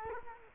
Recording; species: mosquito wingbeat signal from an infrared sensor; Culex quinquefasciatus